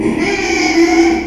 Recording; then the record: squeal of a Yucatan mini pig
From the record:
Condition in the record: after surgery on the right vocal fold (resection and tissue-engineered implant); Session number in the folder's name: 2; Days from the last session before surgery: 13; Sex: male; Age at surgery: 12 weeks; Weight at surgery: 13 kg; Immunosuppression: cyclosporine, prednisolone